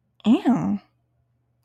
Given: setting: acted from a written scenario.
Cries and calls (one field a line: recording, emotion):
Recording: vocal sound without words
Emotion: pain